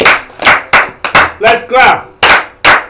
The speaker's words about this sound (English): So you're gonna change the clap. The other one is. That's the old one. Now the new one is. Everybody try it. Clap. Let's go. Clap.